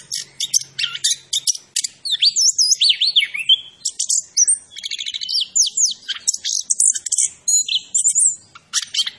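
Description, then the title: Orange-headed thrush song, a rapid, varied stream of high whistles, sweeping notes and chattering phrases, almost without pause, over a faint low hum at the start. Bird described as 'gacor' (singing vigorously), labelled 'Macan B2'. "Anis Kembang Gacor. Suara Anis Kembang Macan B2"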